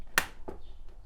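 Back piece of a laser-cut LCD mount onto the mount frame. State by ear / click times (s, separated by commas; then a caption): seated / 0.2 s. The laser-cut back piece of an AtGames Pinball DMD mount for a VSDISPLAY 8" LCD is pressed by hand over its tabs onto the mount frame. It snaps into place with a friction fit, giving a sharp, bright snap at 0.2 s. A fainter knock follows at 0.5 s and a very faint tick at 0.9 s, leaving the piece seated.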